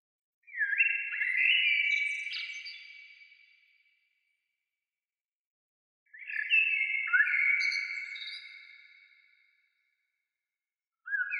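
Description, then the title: Bird song: warbling phrases of sliding, overlapping whistles, each a little over three seconds long and separated by silent gaps, with a third phrase beginning at the end. "Oiseaux"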